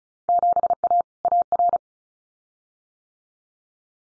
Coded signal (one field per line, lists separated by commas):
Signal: Morse code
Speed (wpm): 34 wpm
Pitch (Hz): 700 Hz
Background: none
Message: 7A AR